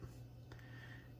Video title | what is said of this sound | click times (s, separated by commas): Trailblazer LifeCard 22 the smallest gun? Size comparisons | mine doesn't click but you can see where that latch did | none